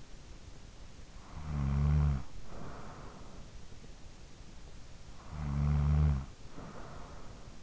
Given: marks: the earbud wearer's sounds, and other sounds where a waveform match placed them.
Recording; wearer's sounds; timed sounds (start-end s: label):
sounds in sleep by an in-ear microphone; snoring breath
0.78-3.79 s: snoring breath
4.73-7.63 s: snoring breath